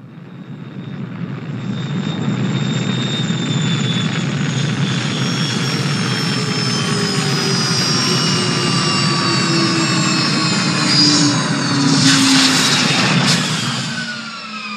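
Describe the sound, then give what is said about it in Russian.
A jet transport aircraft, escorted by four Avengers, lands safely on the eastern hemisphere of Turaxis II with a loud, steady engine roar, its high whining tones gliding slowly downward in pitch, with a short burst of rushing hiss near the end. No voices. “Вскоре машина благополучно коснулась земли.”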